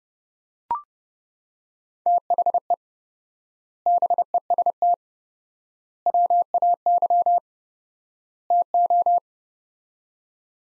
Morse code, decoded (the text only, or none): THE BEST WAY TO